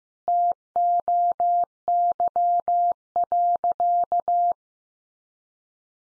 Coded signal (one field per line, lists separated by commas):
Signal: Morse code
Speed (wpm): 14 wpm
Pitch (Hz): 700 Hz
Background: none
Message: TOY.